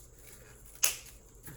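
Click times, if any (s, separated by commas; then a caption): 0.8 s. A tourniquet strap is tightened around an arm, and its pressure buckle gives one sharp, bright click at 0.8 s over a quiet, low background. Enough pressure has been reached, so the buckle's two notches engage the holes in the strap to help hold pressure, and the strap is seated.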